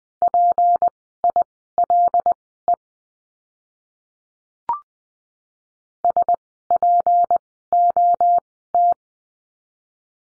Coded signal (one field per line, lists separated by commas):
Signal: Morse code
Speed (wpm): 20 wpm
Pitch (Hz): 700 Hz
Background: none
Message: PILE SPOT